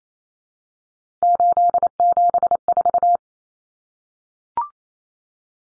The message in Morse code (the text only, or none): 874